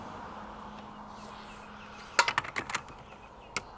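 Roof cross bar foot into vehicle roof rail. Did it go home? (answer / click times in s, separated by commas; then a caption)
no / none. A factory roof cross bar foot is handled on a Land Rover Discovery 5 roof rail, being lined up so its pin sits in the hole in the rail. After about two seconds of quiet background with a faint low hum, a quick cluster of sharp taps and knocks comes from about 2.2 to 2.8 seconds, then one last tap at 3.6 seconds. The foot has not yet been pressed down to seat, so nothing has clicked into place.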